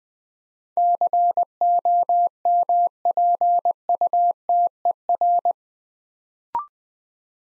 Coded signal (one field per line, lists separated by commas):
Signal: Morse code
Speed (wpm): 20 wpm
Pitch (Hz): 700 Hz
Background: none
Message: COMPUTER